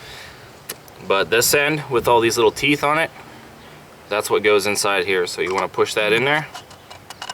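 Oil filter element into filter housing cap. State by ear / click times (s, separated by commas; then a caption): not seated / none. During an oil change on a Pontiac G6 2.4, someone talks while holding a new paper oil filter element whose toothed end is about to be pushed into the plastic filter housing cap, with brief handling taps near 0.7 s and 7.2 s. The clip ends before the element goes home, so nothing has seated or locked yet.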